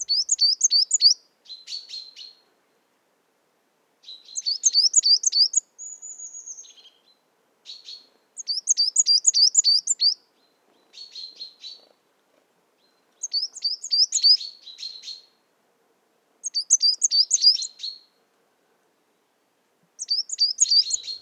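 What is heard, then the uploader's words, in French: In a mixed conifer and oak forest, one bird repeats a bright, rapid trilling song about every four seconds, with silent gaps between phrases. Matinée - Montagne du Puy - 1500m - Drôme - Nagra seven - Telinga pro7 stereo. Une forêt mixte de conifères et de chênes où se retrouve un nombre d'oiseaux étonnant pour la saison.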